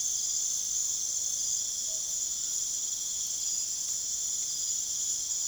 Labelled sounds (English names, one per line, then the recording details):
Tropical Screech-Owl
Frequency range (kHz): Tropical Screech-Owl 0.1-1.4 kHz
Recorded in secondary vegetation near Puerto Asís, Putumayo, Colombia, on 23 June 2025 at 23:00
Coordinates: 0.489, -76.322
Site G021